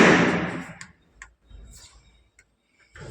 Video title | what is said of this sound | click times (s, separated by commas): Bepure under the counter water purifier Tamil | சரிங்களா இப்ப நான் வந்து இதுல போட்டு லாக் பண்றேன் லாக் ஆயிடுச்சு நல்லா பாருங்க இழுக்குறேன் பார்த்துக்கோங்க | 1.2 s